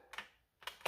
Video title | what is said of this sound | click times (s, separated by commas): Finally! $70 Off the Shelf AEB! (X-Shot Pro Motorized Piston Pump AEB Blaster Review) | but it doesn't click. | none